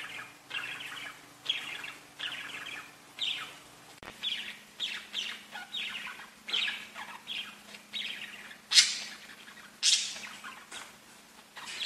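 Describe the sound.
Budgerigar chirps and warbles, quieter, in a series of short bursts, with a few brighter squeaks near the end.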